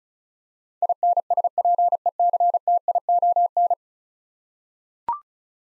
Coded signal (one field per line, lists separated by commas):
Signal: Morse code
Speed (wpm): 36 wpm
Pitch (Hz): 700 Hz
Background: none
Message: INSPECTION